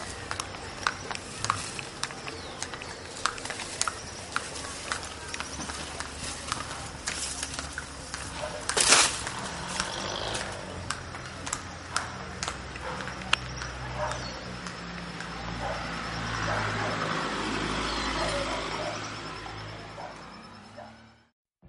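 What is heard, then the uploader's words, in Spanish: A road at a town's edge, with hooves clip-clopping in sharp bursts, voices, a low engine hum, and a vehicle swelling past near the end. Paisaje Sonoro: Vía de entrada y salida del pueblo - La Merced, Caldas. Paisaje sonoro realizado por: Esteban Hoyos Jaramillo. La entrada al municipio de La Merced. Es un lugar que transcurre entre la naturaleza del campo y la urbe.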